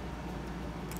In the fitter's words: until it snaps into place like that